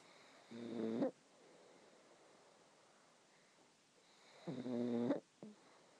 Pug snoring.